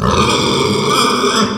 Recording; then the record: squeal of a Yucatan mini pig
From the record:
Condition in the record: after surgery on the right vocal fold (resection and tissue-engineered implant); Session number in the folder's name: 15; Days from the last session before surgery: 175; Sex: female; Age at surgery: 19 weeks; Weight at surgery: 25 kg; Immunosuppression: prednisolone